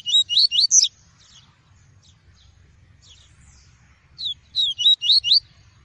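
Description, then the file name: Seedeater singing two short phrases of rapid high, rising and falling whistled notes, the second following about four seconds after the first, with faint scattered chips between. Song of the "tui-tui" variety. "canto do papa capim tui tui"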